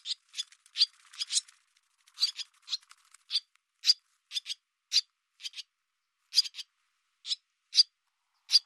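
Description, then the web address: Bird calling with short, scratchy notes, some paired, spaced irregularly about every half second to a second, over silence. "cianscape birddata Deverinetal 2025 Bird Hi Ru"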